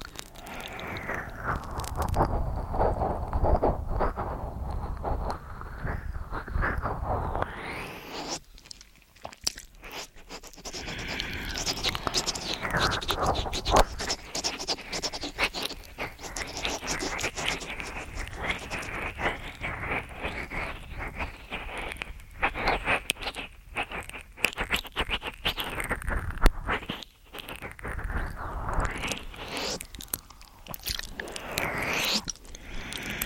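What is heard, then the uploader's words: Mouth sounds and ear-eating noises run almost without pause: wet smacks, clicks and chewing squelches pile densely on top of each other. The level stays fairly steady, with a brief drop near nine seconds and short gaps later, while soft scraping textures run throughout. MOUTH SOUNDS & EAR EATING Tascam & Dummyhead.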